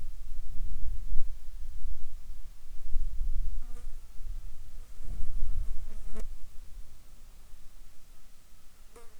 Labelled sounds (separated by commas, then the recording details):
insects
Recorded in the Arctic National Wildlife Refuge, Alaska, on 7 July 2019 at 18:41
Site 41